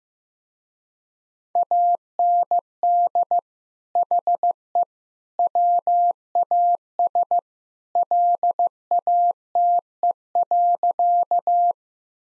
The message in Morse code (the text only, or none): AND HE WAS LATE.